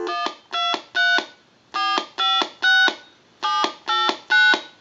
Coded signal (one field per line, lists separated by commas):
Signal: DTMF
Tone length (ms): 210 ms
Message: 123 456 789